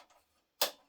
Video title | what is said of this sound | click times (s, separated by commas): OESD Christmas Flight - Program & stitch on a multineedle when you have more than 10 colors. Tile 19 | You should hear an audible click when it goes in. | 0.6 s